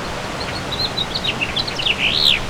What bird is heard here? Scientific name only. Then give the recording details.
Haemorhous mexicanus. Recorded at Bellport on Long Island, New York, on 21 June 2013. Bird C